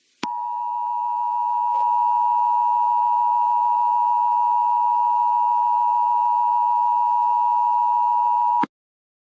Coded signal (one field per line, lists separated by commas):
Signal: Emergency Alert System (SAME) tones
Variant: 853 and 960 Hz attention tone